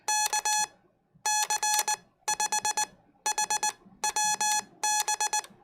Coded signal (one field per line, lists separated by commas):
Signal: Morse code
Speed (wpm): 19 wpm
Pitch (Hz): 850 Hz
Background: none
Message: KC5HWB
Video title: Learning MORE CW! Morse Code Practice with other YouTubers